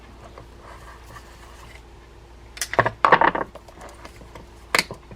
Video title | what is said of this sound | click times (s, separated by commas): Penn 10 Mag tuned fishing reel how to service the reel and repair a fauly line guide | seated properly yeah i heard a click so what's happened now is that i finally got that into the square side into the square | 3.1 s